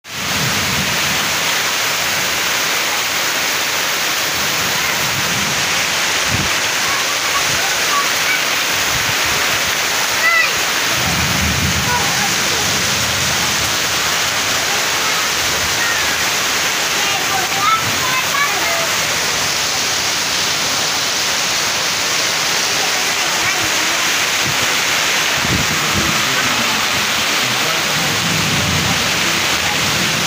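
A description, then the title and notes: A sudden storm pours heavy, dense rain in a steady roar, with low gusty rumbles swelling and fading throughout and occasional sharp knocks. A Surprise Storm. La Fría is a city whose rainy mountain climate is present permanently. Showers and storms usually arrive suddenly with all their fury discharging thousands of liters of water in a matter of seconds, in addition these storms are usually accompanied by large gusts of air that vibrate ceilings, windows and doors.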